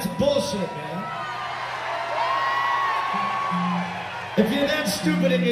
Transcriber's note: cheers